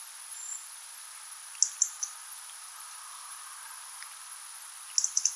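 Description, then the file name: European robin tick calls, sharp high clicks in a quick run of three, then a faster burst of four near the end, over a steady high hiss. "Erithacus rubecula"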